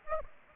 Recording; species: mosquito wingbeat signal from an infrared sensor; Aedes aegypti